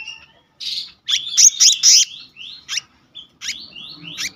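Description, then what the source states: Selendang biru songbird in a short phrase of bright chips and rising whistled slurs, delivered in quick bursts separated by brief gaps. Singing in the continuous rolling style called gacor ngeroll, with isian (fill-in phrases).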